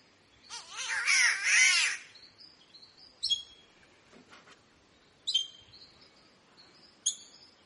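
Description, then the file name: Green catbird giving a loud, nasal, wavering cat-like wail lasting over a second, followed by short high chirps at intervals. "canto do passaro gato verde"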